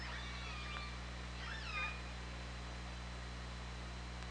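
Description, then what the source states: Orca calls: two bursts of harmonic, wavering squeals, the second rising and bending downward, over a steady low underwater hum. On an OrcaLab hydrophone, 24 August 2017, at 20:29:41.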